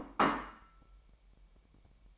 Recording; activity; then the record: daily activity, microphone in the room; place plate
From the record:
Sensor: 1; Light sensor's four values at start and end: 8/28/10/11 and 8/28/10/11